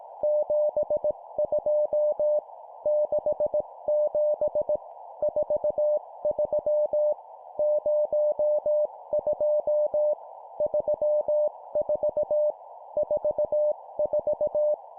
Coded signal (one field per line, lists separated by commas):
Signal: Morse code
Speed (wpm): 18 wpm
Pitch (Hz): 600 Hz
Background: none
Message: 72 67 43 02 34 44